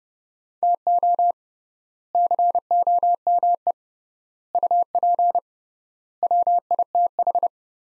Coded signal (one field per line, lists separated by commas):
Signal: Morse code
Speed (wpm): 30 wpm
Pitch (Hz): 700 Hz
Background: none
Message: TO COME UP WITH